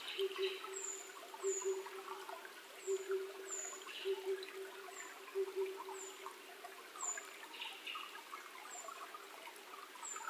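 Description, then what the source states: Oriental cuckoo producing deep two-note hoots in a steady series, then falling silent, while high descending whistled notes repeat and other birds chirp faintly. 28 May 2010 at 19:08.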